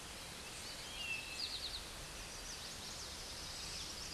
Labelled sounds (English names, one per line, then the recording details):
Eastern Towhee song
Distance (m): 35 m
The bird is about 10 m below the microphone
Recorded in a Pennsylvania forest on 16 May 2024 at 09:44
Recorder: AudioMoth, point MSD-1849
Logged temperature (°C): 12.1 °C
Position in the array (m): 3 m, 44 m